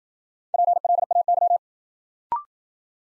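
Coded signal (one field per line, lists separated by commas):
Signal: Morse code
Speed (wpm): 54 wpm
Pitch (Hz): 700 Hz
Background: none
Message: PLAY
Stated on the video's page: New-word head-copy drill at 55 wpm: each word sent in Morse, spoken, then sent again.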